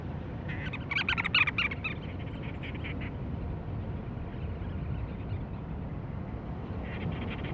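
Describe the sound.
Cape Verde storm petrel calls: a quick burst of rapid, rattling chatter in the first two seconds, then fainter pulses, over a steady low roar.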